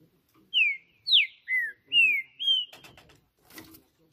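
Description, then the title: Green-winged saltator song of five loud whistled notes in quick succession, mostly sliding down in pitch, followed by brief clattering noises. Singing on a roof in a singing contest, described as competing and showing male dominance behaviour. "Trinca Ferro CANTANDO MUITO de CARA em CIMA do TELHADO! Disputa INSANA!! TRINCA JUSTICEIRO & FBI"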